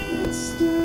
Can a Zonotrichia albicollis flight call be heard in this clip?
no